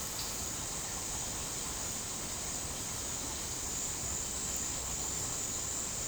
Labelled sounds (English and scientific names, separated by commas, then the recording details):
none
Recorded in dense forest near Puerto Asís, Putumayo, Colombia, on 12 March 2025 at 13:00
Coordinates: 0.467, -76.328
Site G041